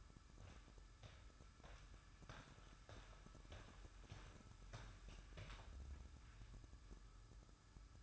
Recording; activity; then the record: daily activity, microphone in the room; walk to room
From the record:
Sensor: 2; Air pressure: 1008.1 hPa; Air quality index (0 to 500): 116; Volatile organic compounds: 1 ppm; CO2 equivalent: 865 ppm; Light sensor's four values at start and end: 8/20/8/8 and 8/20/8/8